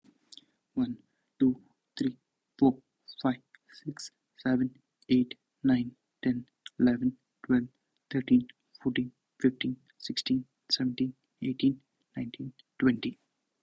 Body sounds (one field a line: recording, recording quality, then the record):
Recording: counting at a normal pace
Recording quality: excellent, no background noise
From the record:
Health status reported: COVID-19 positive, mild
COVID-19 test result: positive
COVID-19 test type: RT-PCR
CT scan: not taken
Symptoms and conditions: cough, cold, sore throat, fever, fatigue, muscle pain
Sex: male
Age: 26 years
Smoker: no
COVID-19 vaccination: both doses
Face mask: not worn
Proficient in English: yes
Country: India